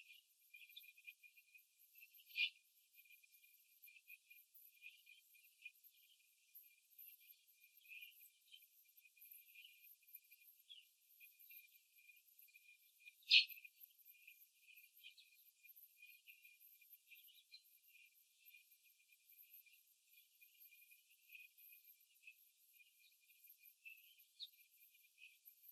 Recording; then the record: young laying hens in a cage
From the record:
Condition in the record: after the stressor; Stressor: simulated dog barking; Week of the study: 3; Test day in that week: 2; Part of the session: 1